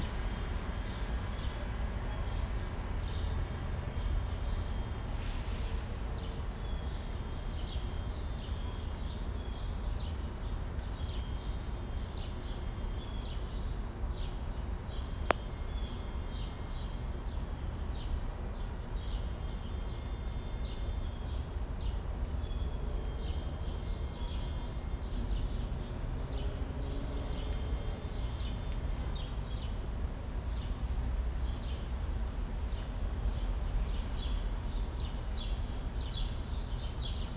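Outdoor city sound outside a subway station: a steady, dense low rumble of traffic runs the whole time. Short, bright chirps repeat at a quick, fairly regular pace throughout, likely birds, and a single sharp click stands out at about fifteen seconds.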